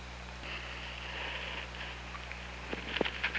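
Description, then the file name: Killer whale calls, a faint drawn-out tone followed by short clicking pulses and brief squeaky notes, over constant underwater hiss and a steady low hum. Recorded by the OrcaLab hydrophone on 24 August 2017 at 08:43. "Orca Lab 20170824 084316"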